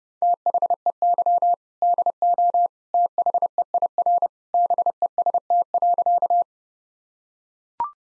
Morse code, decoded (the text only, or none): THEY DO THEIR BEST.